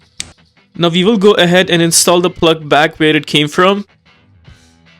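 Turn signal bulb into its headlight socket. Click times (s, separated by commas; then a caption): 0.2 s. A new wedge-base turn signal bulb is pushed into its plastic socket (plug) for the headlight on a 2016-2021 Honda Civic and seats with a sharp click at 0.2 s. Someone then talks over quiet background noise.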